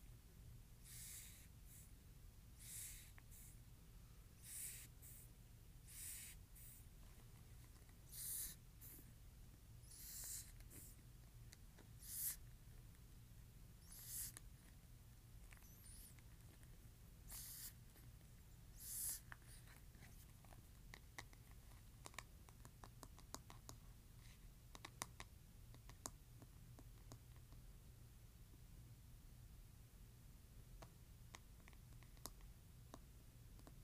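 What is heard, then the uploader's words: A hairbrush scratches in short rasping strokes, spaced irregularly at first, then quicker and fainter after twenty seconds, over a steady low hum. ASMR Scratching Hairbrush.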